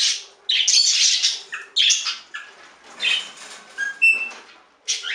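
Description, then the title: Budgerigar chatter in short scratchy bursts, separated by brief pauses, with a few clear whistled notes near the end. "Budgie Sounds"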